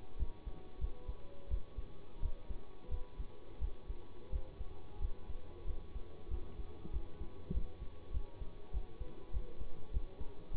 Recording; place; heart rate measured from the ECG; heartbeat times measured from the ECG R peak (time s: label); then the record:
heart sounds by stethoscope; between the tricuspid and mitral areas; 93 bpm
0.17 s: heartbeat
0.79 s: heartbeat
1.48 s: heartbeat
2.20 s: heartbeat
2.89 s: heartbeat
3.59 s: heartbeat
4.30 s: heartbeat
4.99 s: heartbeat
5.65 s: heartbeat
6.29 s: heartbeat
6.91 s: heartbeat
7.52 s: heartbeat
8.11 s: heartbeat
8.71 s: heartbeat
9.31 s: heartbeat
9.91 s: heartbeat
10.51 s: heartbeat
From the record:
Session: bicycle stress test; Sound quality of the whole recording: good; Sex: male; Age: 24 years